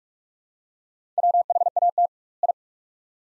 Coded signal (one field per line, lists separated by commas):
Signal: Morse code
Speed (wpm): 46 wpm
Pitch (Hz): 700 Hz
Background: none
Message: WHAT I